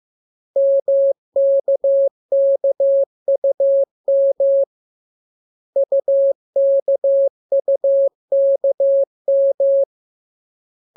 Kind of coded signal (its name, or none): Morse code